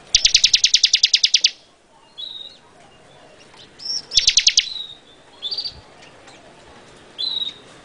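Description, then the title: Bar-winged prinia song: a long rattling series of evenly spaced ticks, a second shorter burst, and brief high whistled notes between and after them. "Suara Burung Ciblek"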